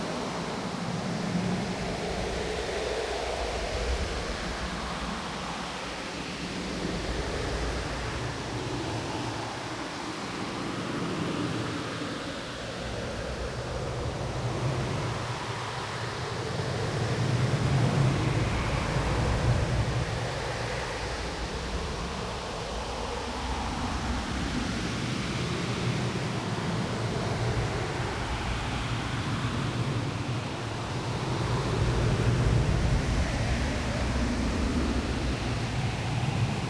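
Strong wind roars steadily across the whole stretch, a dense rushing sound that swells gently around the middle and again near the end. The low end rumbles and buffets with gusts, while a softer hiss fills the upper range throughout.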